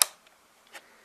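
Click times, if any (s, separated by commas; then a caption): 0.0 s. The second memory stick is pressed down into a laptop's SO-DIMM memory slot, and a single sharp click at 0.0 s marks the retaining clips snapping. Two fainter, softer sounds follow around 0.3 s and 0.7 s. The module is seated in place.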